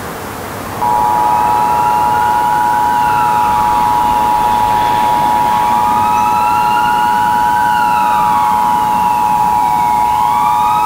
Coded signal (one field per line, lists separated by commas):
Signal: Emergency Alert System (SAME) tones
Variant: 853 and 960 Hz attention tone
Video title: EAS Scenario - Killscreens